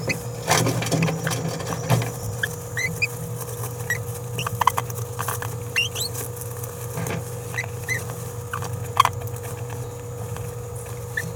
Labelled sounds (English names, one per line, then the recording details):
Green-rumped Parrotlet babbling
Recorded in a nest box in Venezuela
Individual 18B17A4